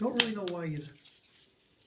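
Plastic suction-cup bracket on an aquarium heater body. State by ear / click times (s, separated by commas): not seated / none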